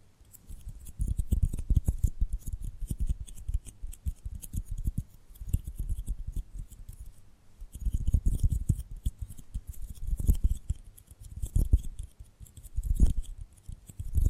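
Tapping and gripping sounds come as dense runs of quick, dull clicks and taps, mostly low and thudding with a crisp snip-like edge on top. The activity swells and thins in bursts, with brief quieter gaps around 7, 10 and 12 seconds.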